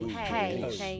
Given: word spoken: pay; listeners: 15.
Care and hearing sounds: one English word in noise, from a listening test; four-talker babble; -0.1 dB; 3 of 15; 10 of 15; 0.61 s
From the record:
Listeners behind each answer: 10, 3, 1, 1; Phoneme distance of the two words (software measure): 7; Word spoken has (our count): 1 syllable, 2 phonemes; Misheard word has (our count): 1 syllable, 3 phonemes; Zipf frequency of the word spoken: 5.40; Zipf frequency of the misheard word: 4.52

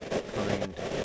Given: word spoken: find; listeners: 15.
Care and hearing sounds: one English word in noise, from a listening test; noise modulated by three-talker babble; -4.3 dB; 1 of 15; 10 of 15; 0.64 s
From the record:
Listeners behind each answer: 10, 1, 1, 1, 1, 1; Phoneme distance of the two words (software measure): 10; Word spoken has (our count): 1 syllable, 4 phonemes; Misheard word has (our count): 1 syllable, 4 phonemes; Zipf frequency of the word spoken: 5.89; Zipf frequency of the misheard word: 5.60

